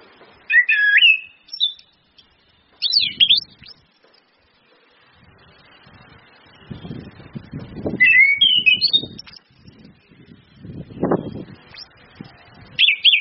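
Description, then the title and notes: Orange-headed thrush giving rich, twisting whistled phrases repeated every few seconds, over low rumbling background noise. Indonesian training lure ('pancingan') of clear 'ngeplong' song with female whistles ('suitan betina'), meant to make birds sing eagerly ('gacor'). "PANCINGAN anis kembang ngeplong dan SUITAN BETINA. Masteran Anis Kembang"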